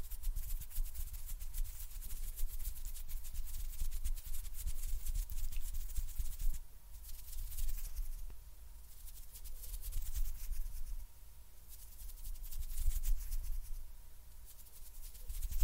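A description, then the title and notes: Hand sounds and finger fluttering, very close: a dense, steady stream of soft crackly rubbing and brushing, bright and hissy, with a low rumble underneath. The rustling thins briefly around seven and eleven seconds before building again, and a faint steady tone runs throughout. ASMR HAND SOUNDS AND FINGER FLUTTERING VERY CLOSE TO GET YOU TO SLEEP – NO TALKING.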